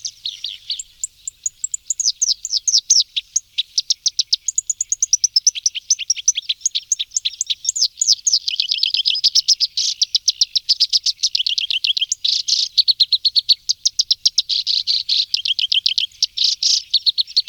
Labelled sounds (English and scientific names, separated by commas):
Black-browed Reed Warbler (Acrocephalus bistrigiceps) song